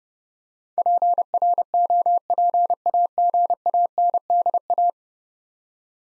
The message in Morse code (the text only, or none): PROPAGANDA